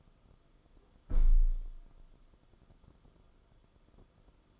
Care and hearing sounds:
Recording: daily activity, microphone in the room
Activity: close window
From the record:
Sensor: 5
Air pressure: 994.4 hPa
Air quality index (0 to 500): 187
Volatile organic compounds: 1000 ppm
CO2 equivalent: 5508 ppm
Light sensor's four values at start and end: 9/23/9/10 and 9/23/9/10

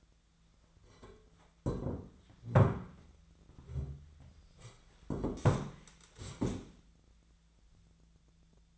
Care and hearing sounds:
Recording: daily activity, microphone in the room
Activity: sit down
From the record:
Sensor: 3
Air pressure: 1008.1 hPa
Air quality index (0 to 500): 192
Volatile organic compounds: 14 ppm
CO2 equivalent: 2465 ppm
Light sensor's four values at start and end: 13/31/13/13 and 12/29/13/13

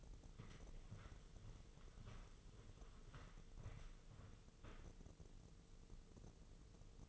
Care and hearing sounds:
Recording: daily activity, microphone in the room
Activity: walk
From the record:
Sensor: 4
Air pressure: 996.7 hPa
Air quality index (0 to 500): 247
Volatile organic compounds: 416 ppm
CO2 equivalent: 4698 ppm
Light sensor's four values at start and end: 53/130/54/54 and 53/130/54/54

